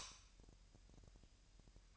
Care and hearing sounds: daily activity, microphone in the room; light off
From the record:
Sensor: 2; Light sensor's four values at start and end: 7/20/8/8 and 4/10/4/4

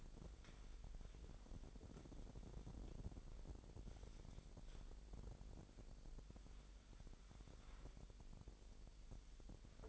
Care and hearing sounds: daily activity, microphone in the room; wipe stove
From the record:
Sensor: 5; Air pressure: 1001.0 hPa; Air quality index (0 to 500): 246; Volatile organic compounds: 34 ppm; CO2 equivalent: 3036 ppm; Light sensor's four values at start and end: 28/65/26/25 and 32/72/29/27

